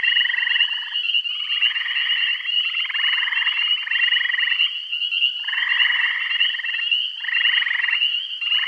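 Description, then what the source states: Chorus of frogs giving rapid pulsed trills, each lasting roughly a second, overlapping and repeated almost without pause, with a constant shrill tone beneath. Bath County.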